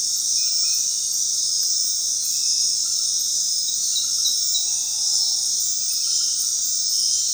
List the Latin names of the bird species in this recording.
none